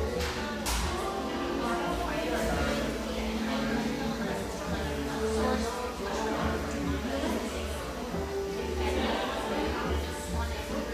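Espresso shop hum in Portland, Oregon: a steady bed of overlapping conversation with no single voice standing out. A low rumble runs underneath throughout, and brief clinks and short tonal sounds surface every few seconds over the even, constant level.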